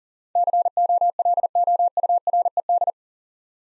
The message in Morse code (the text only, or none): COLOURED